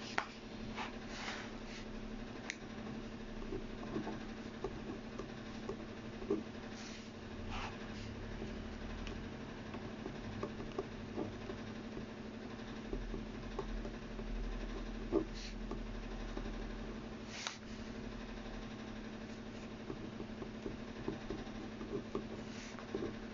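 Someone copying out text, with scattered small taps and scratches over a steady low hum and rumble that continues throughout.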